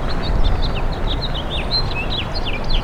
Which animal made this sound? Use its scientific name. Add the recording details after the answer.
Haemorhous mexicanus. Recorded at East Quogue on Long Island, New York, on 29 May 2013. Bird C